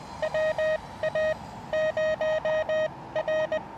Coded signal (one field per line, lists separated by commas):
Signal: Morse code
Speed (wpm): 20 wpm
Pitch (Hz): 590 Hz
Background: none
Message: WA0R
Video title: Will it be a POTA bust? Testing those higher bands on Blue Ridge Parkway.